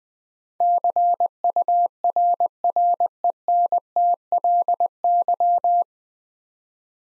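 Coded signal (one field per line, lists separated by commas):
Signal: Morse code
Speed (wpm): 21 wpm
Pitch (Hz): 700 Hz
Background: none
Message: CURRENTLY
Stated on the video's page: Morse practice drill at 20 wpm sending 9-letter words twice, for head-copy and word-recognition training.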